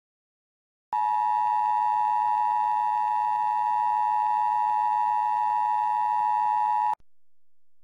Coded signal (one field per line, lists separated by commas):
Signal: Emergency Alert System (SAME) tones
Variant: 853 and 960 Hz attention tone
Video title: EAS Mt. Rainier